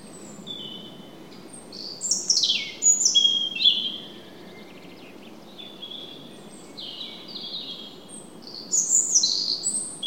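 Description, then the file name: European robin giving bright, high-pitched phrases of rapid varied notes and sweeping whistles, separated by brief pauses, against steady low background noise. "Erithacus rubecula"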